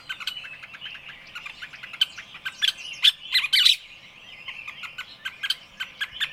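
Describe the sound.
Several birds chirping and twittering at once, high tweets building to a loud cluster of squawky notes in the middle before easing off.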